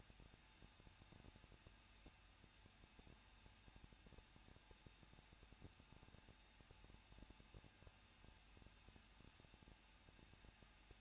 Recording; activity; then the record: daily activity, microphone in the room; no activity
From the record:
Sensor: 2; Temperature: 21.0 degrees Celsius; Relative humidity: 37.5%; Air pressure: 1006.3 hPa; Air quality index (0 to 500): 223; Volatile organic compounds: 25 ppm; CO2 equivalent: 2831 ppm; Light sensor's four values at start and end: 2/3/2/2 and 2/3/2/2